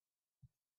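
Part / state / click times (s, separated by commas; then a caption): plastic toy piece into the toy jet's body in front of the landing gear / not seated / none. A plastic piece of a transforming toy jet is being handled and pushed toward the gap in the jet's body just in front of the landing gear. It is quiet until a single short, low thump at about 0.4 s, and there is no talk. Nothing has seated or clicked yet.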